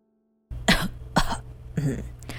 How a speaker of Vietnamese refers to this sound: Ngoại không nói gì, cứ ngồi đó nhìn tôi. Mãi một lúc lâu sau, ngoại mới ho lên một tiếng.